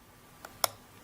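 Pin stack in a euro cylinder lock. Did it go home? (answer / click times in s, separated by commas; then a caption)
yes / 0.6 s. Pin one of a 5-pin euro cylinder lock is lifted with a short hook under tension until it sets at the shear line, and the core moves a little. A faint tick at 0.45 s is followed by a sharp, loud click at 0.6 s as the pin sets.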